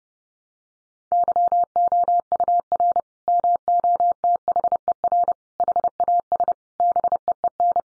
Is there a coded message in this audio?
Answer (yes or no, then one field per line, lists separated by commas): yes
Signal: Morse code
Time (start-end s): 1.1-7.8 s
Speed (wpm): 30 wpm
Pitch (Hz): 700 Hz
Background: none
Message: YOUR MOTHER HAS BEEN